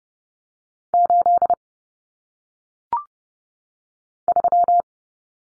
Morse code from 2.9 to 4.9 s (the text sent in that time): 3